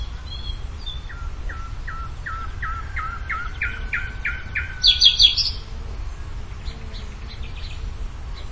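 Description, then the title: Bird song: a run of about ten short whistled notes that climb slightly in pitch, followed by a brief burst of high, scratchy chatter. "LuckyPassaro Completos2Sama"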